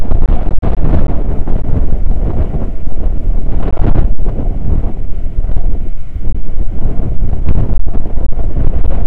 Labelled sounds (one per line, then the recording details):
wind
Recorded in the Prudhoe Bay oil fields, Alaska, on 9 August 2019 at 00:04
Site 29